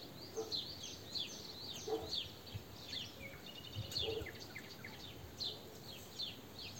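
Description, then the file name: European goldfinch calls, sharp high chirps with falling-rising shape in irregular series, occasional lower twangy notes and soft background hiss. "Carduelis carduelis"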